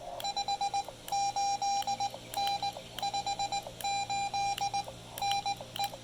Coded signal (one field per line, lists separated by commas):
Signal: Morse code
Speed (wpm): 19 wpm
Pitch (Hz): 800 Hz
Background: none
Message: 58N 58N E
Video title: POTA Field Report: Attempting to deplete the Xiegu X5105 internal battery at Lake Norman